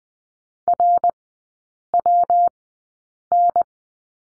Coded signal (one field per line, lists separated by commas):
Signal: Morse code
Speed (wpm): 20 wpm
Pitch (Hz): 700 Hz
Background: none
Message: RWN